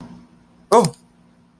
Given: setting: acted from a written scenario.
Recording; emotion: vocal sound without words; negative surprise